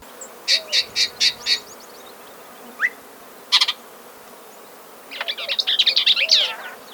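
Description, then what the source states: Yellow-breasted Chat song: a run of five harsh, buzzy notes, a lone upslurred whistle, a sharp rasp, then a fast jumble of chattering, squeaky notes. Song with rasping quality, repeated phrases and long pauses, often mimicking other species and mechanical sounds like woodpecker drumming, reminiscent of space-movie sound effects.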